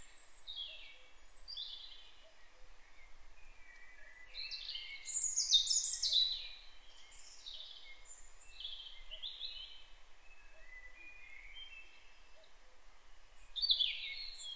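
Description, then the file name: European robin singing a series of high, thin warbled phrases with brief pauses between them, over a constant soft hiss. "Erithacus rubecula"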